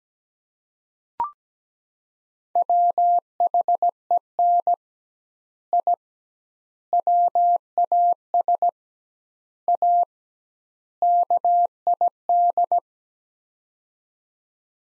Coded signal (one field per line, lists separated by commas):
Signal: Morse code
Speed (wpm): 17 wpm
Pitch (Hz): 700 Hz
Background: none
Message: WHEN I WAS A KID